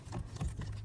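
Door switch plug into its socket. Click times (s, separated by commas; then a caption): 0.6 s. During a rear lock actuator replacement on a 7th-generation Maxima, the door switch electrical plug is pushed into its socket. A short click is heard at 0.6 s as the connector seats.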